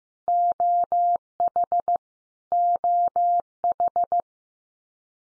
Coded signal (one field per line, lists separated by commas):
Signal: Morse code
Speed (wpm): 15 wpm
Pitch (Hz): 700 Hz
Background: none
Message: OH OH